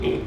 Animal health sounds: contact call of a hoofed animal; pig; closed-mouth grunt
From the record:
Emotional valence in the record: positive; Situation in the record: food and toys in familiar pen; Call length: 0.27 s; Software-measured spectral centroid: 1430 Hz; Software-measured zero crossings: 980 a second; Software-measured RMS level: -24 dBFS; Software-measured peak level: -12 dBFS

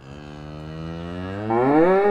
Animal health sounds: contact call of a hoofed animal; cattle; low-frequency (closed-mouth) or high-frequency (open-mouth) call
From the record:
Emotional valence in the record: negative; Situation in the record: full separation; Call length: 2.2 s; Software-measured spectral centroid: 920 Hz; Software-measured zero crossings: 1120 a second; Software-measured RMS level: -21 dBFS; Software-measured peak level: -5 dBFS

